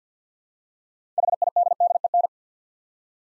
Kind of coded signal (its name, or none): Morse code